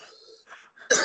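After nearly a second of faint background hiss, a single sudden, loud, harsh cough burst from an adult breaks in and is cut off at the end. It is one isolated cough, abrupt and throaty.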